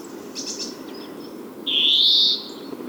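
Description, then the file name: European greenfinch: a few faint chirps, then one long buzzy, nasal wheeze of under a second that swells and fades, over soft low background noise. "Chloris chloris"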